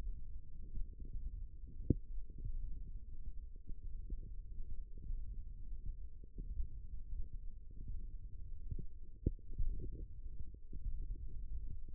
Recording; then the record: forearm muscle sounds (acoustic myography)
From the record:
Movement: finger pinch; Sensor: system 1, eight BSWA MPA416 microphones around the upper forearm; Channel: 3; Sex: female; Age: 22 years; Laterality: right